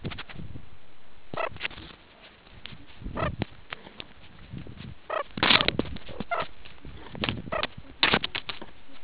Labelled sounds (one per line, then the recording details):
meerkat close call
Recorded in the Kuruman River Reserve, South Africa
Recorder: an audio tag on a meerkat's collar